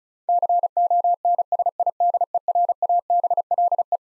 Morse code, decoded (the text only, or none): CONSIDERABLE